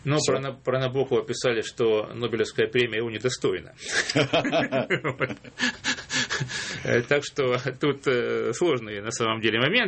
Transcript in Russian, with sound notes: Ну, про Набокова писали, что Нобелевская премия его недостойна. (смех) Так что, тут сложные, на самом деле, моменты.